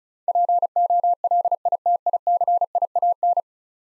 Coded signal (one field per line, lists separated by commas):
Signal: Morse code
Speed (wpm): 36 wpm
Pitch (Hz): 700 Hz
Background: none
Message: POLITICIAN